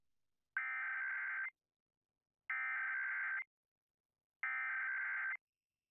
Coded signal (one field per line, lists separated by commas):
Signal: Emergency Alert System (SAME) tones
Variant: header bursts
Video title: KTNV Emergency Alert System - 2016 National Periodic Test (September 28, 2016)